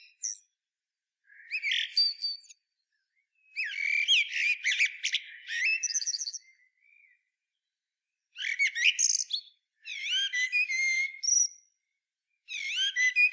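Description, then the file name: Common blackbird producing a long series of squeaky, twittering song phrases broken by short pauses, mixing quick chatters with thin rising and falling whistles. "Turdus merula"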